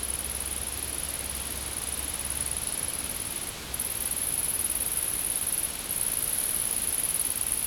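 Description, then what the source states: High insect drone that pauses briefly midway and again near the end, then returns slightly louder, with a soft low hum early on. Insects in a field.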